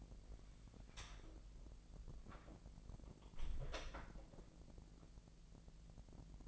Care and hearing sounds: daily activity, microphone in the room; close door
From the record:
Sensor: 5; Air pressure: 1001.6 hPa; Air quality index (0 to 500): 248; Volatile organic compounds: 34 ppm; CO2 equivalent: 3033 ppm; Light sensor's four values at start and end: 40/92/37/37 and 40/93/37/37

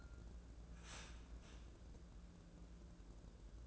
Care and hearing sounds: daily activity, microphone in the room; start toaster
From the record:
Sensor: 2

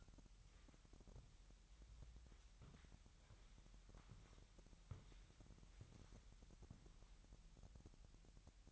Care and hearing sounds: daily activity, microphone in the room; walk to room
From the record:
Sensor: 3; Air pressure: 1002.0 hPa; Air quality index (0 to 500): 249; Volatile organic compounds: 51 ppm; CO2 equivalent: 3307 ppm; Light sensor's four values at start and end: 7/17/7/7 and 8/18/7/8

